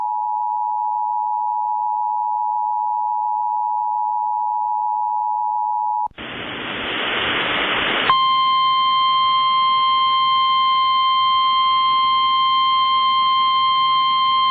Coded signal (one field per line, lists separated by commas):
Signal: Emergency Alert System (SAME) tones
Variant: 853 and 960 Hz attention tone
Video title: Xtreme Mayhem 6...EAS Alerts From March 18, 2021 (EAS #888-904)